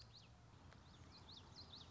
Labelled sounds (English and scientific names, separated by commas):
Common Yellowthroat (Geothlypis trichas)